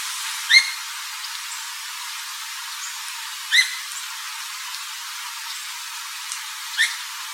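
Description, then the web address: Nutting's flycatcher giving three short, sharp call notes spaced about three seconds apart, against background hiss. Arizona. "Flycatchers NUFL. Harter"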